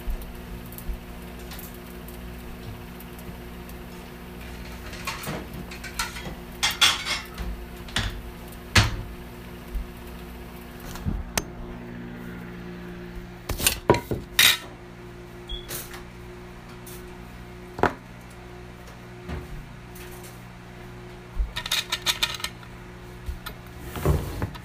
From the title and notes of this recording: Lunch time ASMR. Eating lunch from the making all the way till I’m eating which is a peanut butter sandwich and leftover food.